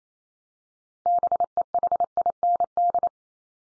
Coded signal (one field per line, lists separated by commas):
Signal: Morse code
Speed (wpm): 28 wpm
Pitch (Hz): 700 Hz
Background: none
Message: BEHIND